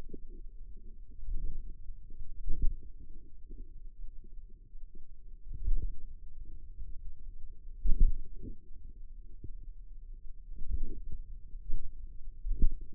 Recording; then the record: forearm muscle sounds (acoustic myography)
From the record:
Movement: pen grasping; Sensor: system 2, bracelet of six BSWA MPA416 microphones around the upper forearm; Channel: 3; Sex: female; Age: 22 years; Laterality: right